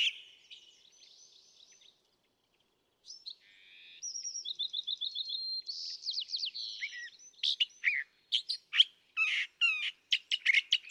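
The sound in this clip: California thrasher song beginning with soft, thin notes, then a silent gap, then building into loud, rapid, varied chatter and sharp harsh notes.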